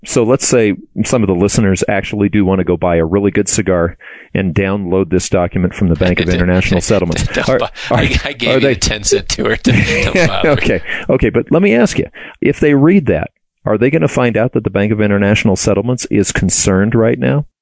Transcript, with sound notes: So let’s say some of the listeners actually do want to go buy a really good cigar and download this document from the Bank of International Settlements.
(laughs) I gave it the ten-cent tour.
Let me ask you – if they read that, are they going to find out that the Bank of International Settlements is concerned right now?